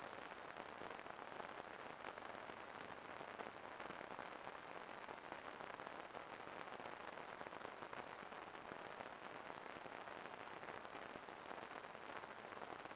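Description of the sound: Simulated tinnitus: a steady, very high-pitched ringing tone near 9 kHz, held unchanged throughout, over a faint continuous hiss.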